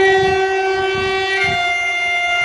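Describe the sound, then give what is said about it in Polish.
A train at Warsaw Central railway station in Poland: a loud, steady, multi-toned horn-like drone holds throughout, over a low rhythmic thumping of wheels rolling on rails. No one speaks. “Oto na dworcu centralnym w Warszawie pytał Stanisław Perzyna.”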